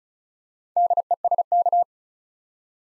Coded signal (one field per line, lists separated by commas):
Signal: Morse code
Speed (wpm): 36 wpm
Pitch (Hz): 700 Hz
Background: none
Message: DESK